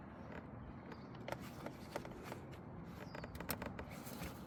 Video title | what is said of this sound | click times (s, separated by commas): I never knew that MSD wires can bend around Long Tube headers! LS motors #c5corvette #lsmotor #msd | Did you hear that? That was a click. So it's definitely in. | 3.5 s